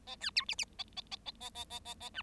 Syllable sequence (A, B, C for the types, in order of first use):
A B C D D A A A A A A A A A E